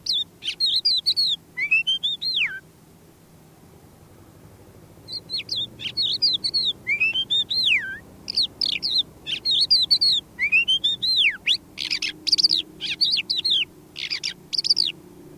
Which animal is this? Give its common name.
Crested Lark